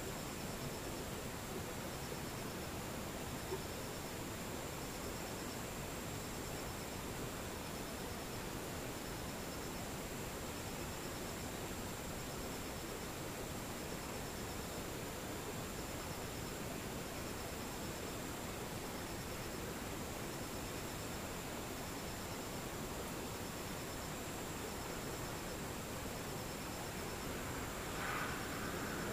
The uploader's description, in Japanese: 無音遠くにムシ